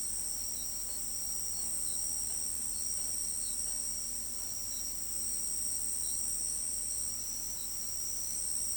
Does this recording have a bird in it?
no